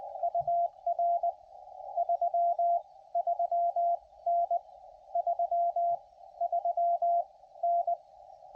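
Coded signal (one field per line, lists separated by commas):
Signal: Morse code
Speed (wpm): 22 wpm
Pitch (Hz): 680 Hz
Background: radio noise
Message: UR 33N 33N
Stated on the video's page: QRP CW during a Parks on the Air activation.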